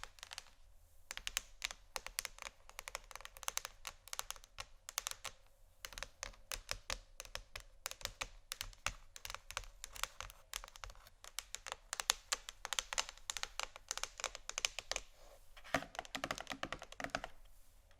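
Fingers tap and scratch on canisters in quick, dense bursts of sharp, bright clicks, almost like fast typing. The rhythm is irregular, with brief pauses near the start and around six seconds, and a heavier cluster of taps near sixteen seconds.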